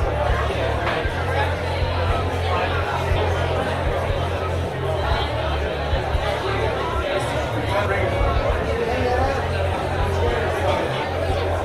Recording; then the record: background sound without coughing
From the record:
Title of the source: CITY SOUNDS Busy Bar in the Evening Night - 2 HOURS of Ambiance for Relaxation